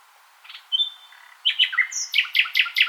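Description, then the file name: Common nightingale singing a short phrase: a thin whistled note, then a rapid run of loud, sharp repeated notes. "Luscinia megarhynchos"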